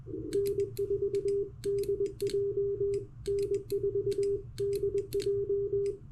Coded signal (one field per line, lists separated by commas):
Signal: Morse code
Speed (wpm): 20 wpm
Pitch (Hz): 400 Hz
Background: none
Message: N4DJ N4DJ